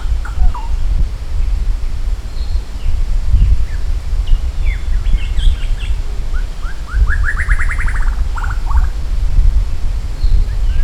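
Maratua shama song: quick rising whistled notes that build into a fast trill, then a couple of slurred notes, against a low droning background.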